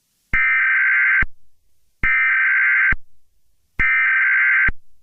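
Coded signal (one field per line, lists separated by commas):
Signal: Emergency Alert System (SAME) tones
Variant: header bursts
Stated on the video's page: Fictional EAS scenario; simulated alert, not a real broadcast.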